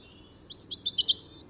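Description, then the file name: European robin's brief, high, silvery phrase: a thin sustained note followed by a quick run of warbled, tinkling syllables. "Erithacus rubecula"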